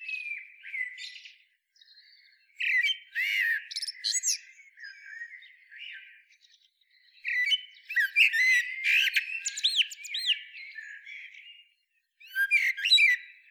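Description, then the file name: Eurasian blackbird song: several bursts of squeaky twittering and sharp chirps, separated by short quiet gaps, with a final loud phrase near the end. "Turdus merula"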